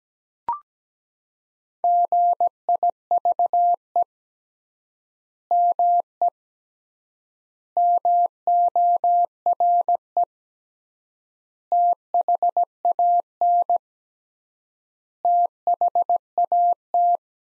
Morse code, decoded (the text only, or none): GIVE ME MORE THAN THAT